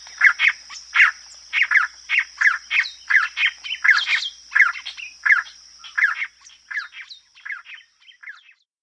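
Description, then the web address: Antbird calling: a long series of harsh notes, getting quieter and more widely spaced towards the end, over a steady high-pitched drone. Recorded in Mato Grosso, South America. "Natures Songs S America Mato Grosso Antbird"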